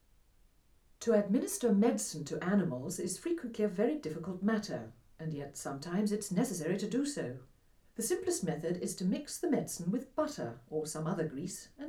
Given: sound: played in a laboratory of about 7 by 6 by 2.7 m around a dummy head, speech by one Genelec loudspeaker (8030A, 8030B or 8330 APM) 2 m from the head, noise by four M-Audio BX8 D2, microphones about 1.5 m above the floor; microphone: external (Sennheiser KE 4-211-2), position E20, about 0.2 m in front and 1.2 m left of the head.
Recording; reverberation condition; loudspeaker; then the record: female speech in English; low; 150 degrees to the left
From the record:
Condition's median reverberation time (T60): about 310 ms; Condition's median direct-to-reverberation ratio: about 3.5 dB